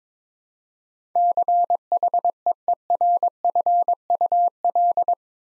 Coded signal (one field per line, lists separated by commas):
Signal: Morse code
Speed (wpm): 22 wpm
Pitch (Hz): 700 Hz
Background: none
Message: CHEERFUL